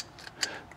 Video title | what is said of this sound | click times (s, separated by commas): This is the Best Portable EV Charger We've Tested - J+ BOOSTER 2 EVSE Review | to get a connection really simple clicks into place no problem at all | 0.4 s